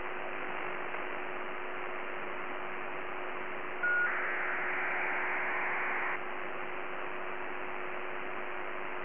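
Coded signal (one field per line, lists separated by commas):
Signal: ACARS aircraft data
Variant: HFDL (HF ACARS)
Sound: hiss, a short steady tone, then two seconds of rough buzzing data noise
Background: radio static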